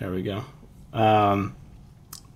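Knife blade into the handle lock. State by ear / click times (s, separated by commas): seated / 2.1 s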